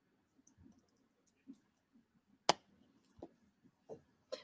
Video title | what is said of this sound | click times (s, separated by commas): Livestream: Color and Chat in A Book of Angels by Jane F. Hankins | always make sure your Market that you hear it snap when you close an end of it | 2.5 s